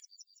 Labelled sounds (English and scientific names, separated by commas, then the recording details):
Yellowhammer (Emberiza citrinella) song
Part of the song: start
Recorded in the Czech Republic on 9 June 2013
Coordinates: 49.565, 18.677
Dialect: BE
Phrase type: C65
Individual 306938